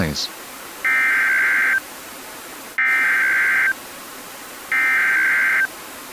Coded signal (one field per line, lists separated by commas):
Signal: Emergency Alert System (SAME) tones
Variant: header bursts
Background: speech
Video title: EAS mock up: blue alert (if this is ur name I’m sorry)